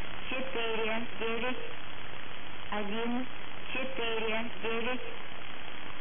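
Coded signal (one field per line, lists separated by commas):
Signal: numbers station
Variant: S06s Russian female voice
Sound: female voice reading short, evenly spaced words in Russian over hissy shortwave static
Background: radio static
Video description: Preamble begins at 0:20 and is repeated until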